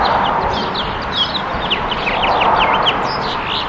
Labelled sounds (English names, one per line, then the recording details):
House Finch song
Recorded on Long Island, New York, on 23 June 2012
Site AP
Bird B